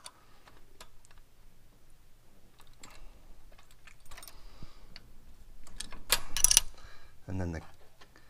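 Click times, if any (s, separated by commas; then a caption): none. The socket end of the transmission kickdown cable is handled at the ball stud on the linkage of a new Edelbrock AVS2 Thunder Series carburetor on a 1979 Chrysler Cordoba while someone talks. Light ticks and handling noises give way to a burst of sharp metallic rattles around 5.8–6.6 s, followed by a short low thump. Nothing has seated or clicked yet.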